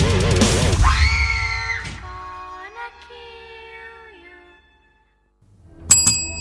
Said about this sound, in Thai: เอาละครับผมเคาะกระดิ่งตีละครั้งเรียบร้อยนะครับ